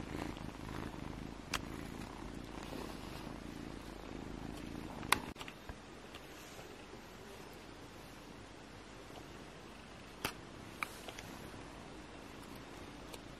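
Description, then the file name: Kitten purring as a soft low rumble that fades after about five seconds, leaving quiet rustles and a few sharp clicks. Baby kittens relaxing, purring and sleeping, domestic, recorded 21 June 2020. "Time for Relaxation, Purring and Sleep - Cute Baby kittens - 21-06-20"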